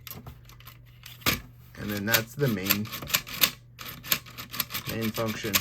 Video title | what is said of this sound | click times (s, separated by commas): Automatic battery machine | type of uncomfortable movements but eventually it does kind of snap into place | 0.1 s